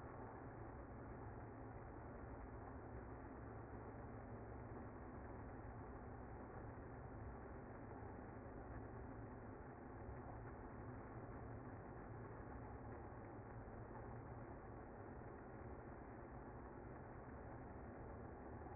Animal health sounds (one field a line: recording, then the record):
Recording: honeybee colony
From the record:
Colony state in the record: active